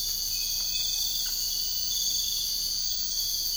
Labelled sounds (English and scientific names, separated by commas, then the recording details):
none
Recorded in dense forest near Puerto Asís, Putumayo, Colombia, on 13 March 2025 at 05:30
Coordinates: 0.485, -76.318
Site G056